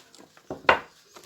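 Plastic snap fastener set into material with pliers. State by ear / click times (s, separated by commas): seated / 0.7 s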